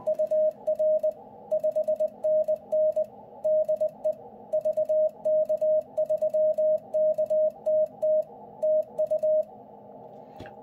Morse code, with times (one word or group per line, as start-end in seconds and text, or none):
0.1-1.1 UR
1.5-3.0 5NN
3.5-4.1 DE
4.5-8.2 VK3KTT
8.6-9.4 TU